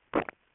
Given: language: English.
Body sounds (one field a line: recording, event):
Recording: throat vibration sensor signal played as sound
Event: swallow